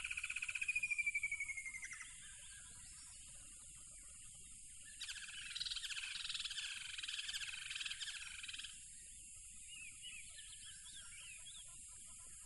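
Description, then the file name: Crickets trilling in a steady high, continuous chorus, while a bird gives descending whistles early on and a burst of louder chirping, twittering calls in the middle. Loud crickets at a tropical river. "smartsound ATMO NATURE Tropical River Loud Crickets"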